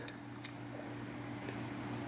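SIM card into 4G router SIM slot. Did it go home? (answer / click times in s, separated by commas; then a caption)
yes / 0.1 s, 0.5 s. A SIM card is pushed into the SIM slot of a MOFI4500 4G LTE router, oriented with the notch at the bottom right and the contacts facing up. Two sharp clicks sound at 0.1 s and 0.5 s over a steady low hum, and the card seats in the slot.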